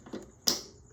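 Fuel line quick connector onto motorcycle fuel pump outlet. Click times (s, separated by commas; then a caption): 0.5 s. On a 2015 Yamaha FJ-09 motorcycle, a fuel line quick-connect fitting is pushed onto the fuel pump outlet. After faint handling noise, a single sharp click sounds at 0.5 s, and the connector seats; the retaining piece is then pushed up so the line cannot pop off when the pump primes.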